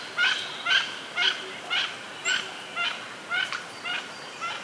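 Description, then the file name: Mandarin duck calling with short, thin, whistled notes, repeated evenly about twice a second over a soft hiss. "oshidori"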